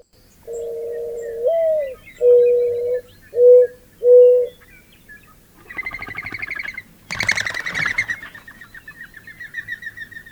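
Mourning Dove giving its low drawn-out coo then three shorter notes, followed by wing clatter and a whistling flutter of flight.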